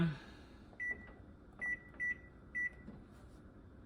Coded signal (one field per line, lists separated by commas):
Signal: none